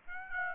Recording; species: mosquito wingbeat signal from an infrared sensor; Aedes aegypti